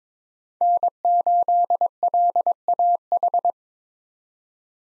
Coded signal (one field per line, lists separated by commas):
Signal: Morse code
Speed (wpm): 22 wpm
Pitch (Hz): 700 Hz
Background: none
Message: N8LAH